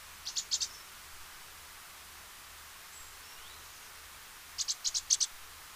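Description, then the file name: Great tit song, softer: a short cluster of high sharp notes, then a pause and a longer burst of five to six rapid notes. "Parus major"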